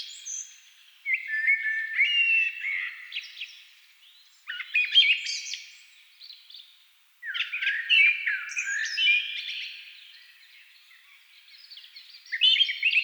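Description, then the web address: Thrush song: melodious, busy phrases separated by brief silences, high twitters layered over fluty notes. Thrushes at dusk. "agykontroll CD 3-A természet hangjai Rigók szürkületkor"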